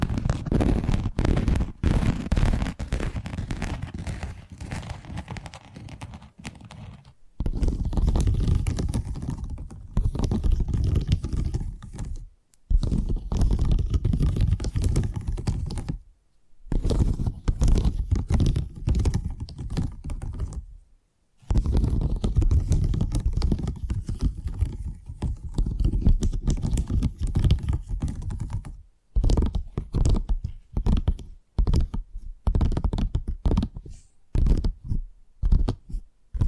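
Tapping triggers come in dense bursts of quick, low, thudding taps, broken by short silences and ending in sparser, separate taps.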